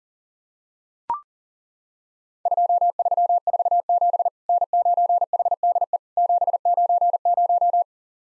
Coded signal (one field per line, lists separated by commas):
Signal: Morse code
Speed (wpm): 40 wpm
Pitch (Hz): 700 Hz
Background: none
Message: 2347 N9HDE 790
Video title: Worked All Europe DX Contest QTC Exchange 40wpm